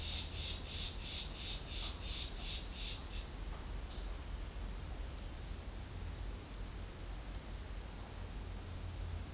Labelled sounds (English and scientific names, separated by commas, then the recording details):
none
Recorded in secondary vegetation near Puerto Asís, Putumayo, Colombia, on 4 March 2025 at 12:00
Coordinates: 0.484, -76.319
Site G010